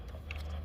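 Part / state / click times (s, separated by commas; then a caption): shift cable adjuster latch at the transmission / released / 0.3 s. At the transmission end of a Chevy Sonic with a 6-speed manual, a small plastic latch on the shift cable adjuster is unlocked during shifter cable adjustment. A short, sharp click comes at 0.3 s, followed by a fainter tick at about 0.4 s, over a steady low hum. The latch is released.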